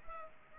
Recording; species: mosquito wingbeat signal from an infrared sensor; Culex pipiens